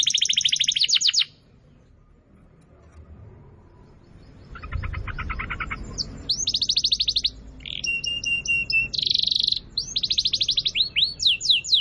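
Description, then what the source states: Atlantic canary singing fast repeated downslurred notes, a softer rattling phrase, then varied trill phrases changing pitch every second or so. Canary song used as a lure to attract birds.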